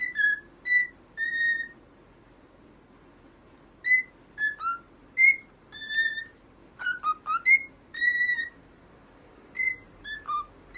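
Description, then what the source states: Cockatiel whistled song, scattered clear notes, some level and some dipping, given singly or in short clusters with silent gaps between. Several cockatiels singing, whistling.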